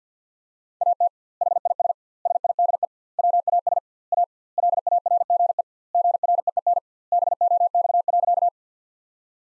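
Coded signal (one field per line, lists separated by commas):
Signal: Morse code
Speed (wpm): 50 wpm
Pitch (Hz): 700 Hz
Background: none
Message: AT HIS SIDE WAS A LARGE GREEN BOX.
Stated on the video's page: Morse practice of sentences built from the top 500 words at 50 wpm with double word spacing, a word-level analogue of Farnsworth spacing.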